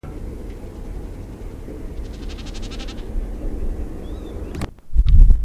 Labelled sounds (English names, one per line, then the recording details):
Common Snipe
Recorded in the wild
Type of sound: aerial display
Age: adult
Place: Klockenhagen/Ribnitz-Damgarten, Mecklenburg-Vorpommern, DE
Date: 1970-06-05 21:30
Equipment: Uher 4200 Report Stereo, DM 622, Reflektor, Tesla-Verstärker
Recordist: Tembrock, Günter
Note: "Meckern"